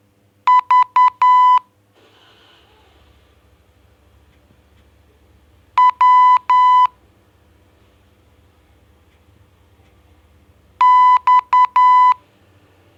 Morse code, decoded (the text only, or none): V W X